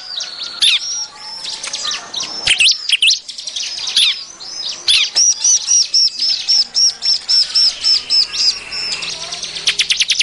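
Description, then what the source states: Bar-winged prinia giving rapid high chirps and sharp notes, then a steady run of clipped whistled notes, ending in a fast ticking trill. Noisy, agitated calling offered as an effective lure sound for attracting birds.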